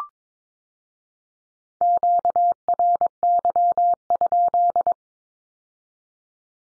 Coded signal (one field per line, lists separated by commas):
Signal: Morse code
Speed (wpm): 22 wpm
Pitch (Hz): 700 Hz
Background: none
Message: QRY?